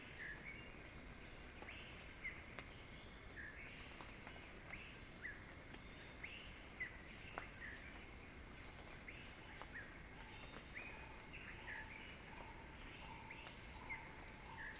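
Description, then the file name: Cicada drone, a sustained high buzz, with short repeated chirping notes from another caller every second or so throughout. Cicada song described as a crescendo. "earth-fm Axel-Drioli Cicada-Crescendo-Sounding-Wild"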